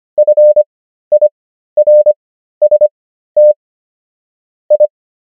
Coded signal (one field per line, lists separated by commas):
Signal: Morse code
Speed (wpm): 25 wpm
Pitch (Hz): 600 Hz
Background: none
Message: FIRST I